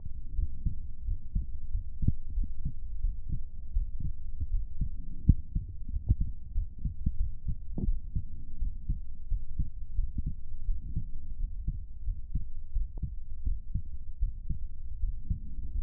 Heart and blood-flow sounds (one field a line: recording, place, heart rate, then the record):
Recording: heart sounds by stethoscope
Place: pulmonary valve (PV)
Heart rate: 91 bpm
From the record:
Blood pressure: 117/69 mmHg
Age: 28 years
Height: 165 cm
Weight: 57 kg